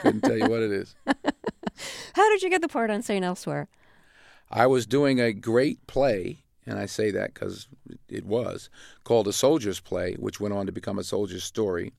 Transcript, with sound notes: I couldn't tell you what it is.
(LAUGHTER)
How did you get the part on "St. Elsewhere"?
I was doing a great play - and I say that because it was - called "The Soldier's Play" which went on to become "A Soldier's Story,"